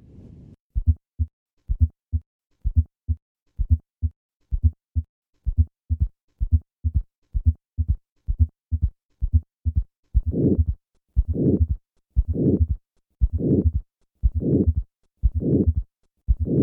Aortic stenosis with both a third and a fourth heart sound begin with the fourth heart sound, and then add the third heart sound, and finally the murmur.